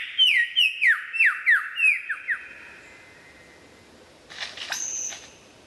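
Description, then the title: White-rumped shama song opens with a brisk string of descending whistled notes, then falls quiet before a short burst of harsher, higher sound. Described as the best murai batu of 2014, used for mastering (song training). "mster Mnuk. Mastering Murai Batu Terbaik 2014"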